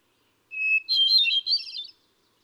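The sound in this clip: Hermit thrush sings one phrase, a steady pure whistled note followed by a quick, ringing cascade of higher fluttering notes lasting about a second.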